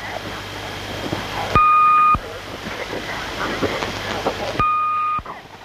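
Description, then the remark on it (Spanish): A UVB-76 shortwave radio signal: steady crackling static broken by two loud, flat electronic tones, each lasting about half a second, spaced a few seconds apart. No one speaks. “Entonces, sin más dislates, señor operador, compartimos el ominoso audio ya.”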